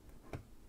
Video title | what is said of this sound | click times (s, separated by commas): How To Install Thermalright AXP120 X67 ARGB Low Profile Cooler | There's the click. | 0.3 s